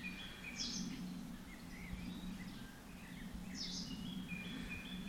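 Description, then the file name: Common chaffinch calls, two short bright notes about three seconds apart, among thin whistles and chirps over a steady low hum. "Fringilla coelebs"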